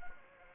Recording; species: mosquito wingbeat signal from an infrared sensor; Anopheles arabiensis